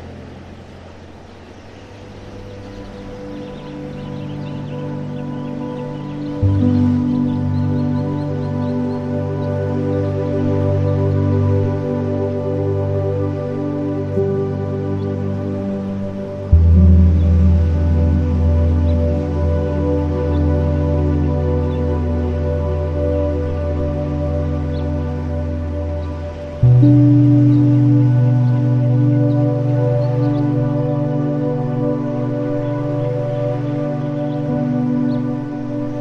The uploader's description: wind-swept summer countryside, with ambient sounds and beautiful ambient music